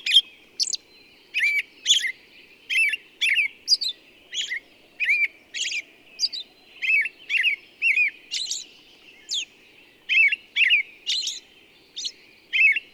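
Bird song made of rapid chirps and twisting whistles, roughly two phrases each second, with thin high accents and a quiet low background.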